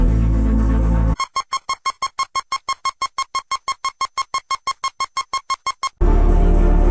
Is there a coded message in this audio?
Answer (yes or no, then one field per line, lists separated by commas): no